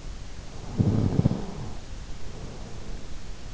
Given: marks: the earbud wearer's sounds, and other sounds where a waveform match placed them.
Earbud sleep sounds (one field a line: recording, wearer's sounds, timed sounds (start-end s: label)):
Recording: sounds in sleep by an in-ear microphone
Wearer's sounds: snoring breath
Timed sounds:
0.54-3.36 s: snoring breath